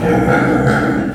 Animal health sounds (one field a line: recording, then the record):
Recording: squeal of a Yucatan mini pig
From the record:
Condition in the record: after surgery on the right vocal fold (resection and tissue-engineered implant)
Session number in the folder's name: 3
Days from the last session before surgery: 21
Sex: female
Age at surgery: 19 weeks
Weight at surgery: 25 kg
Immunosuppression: prednisolone